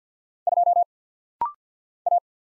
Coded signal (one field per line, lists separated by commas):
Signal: Morse code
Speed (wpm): 48 wpm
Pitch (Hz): 700 Hz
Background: none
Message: 2 A